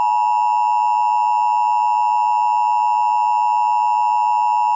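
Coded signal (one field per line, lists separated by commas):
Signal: Emergency Alert System (SAME) tones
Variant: 853 and 960 Hz attention tone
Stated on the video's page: Fictional EAS scenario, a simulated alert rather than a real broadcast.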